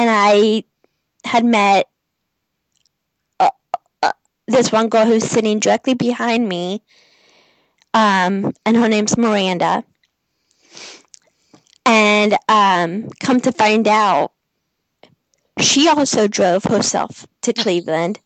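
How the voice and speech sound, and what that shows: Adult male speech broken by long silent blocks and drawn-out sounds before words, typical of stuttering. He has stuttered since age 3 to 4, had other speech impediments in early childhood, and received speech therapy through school.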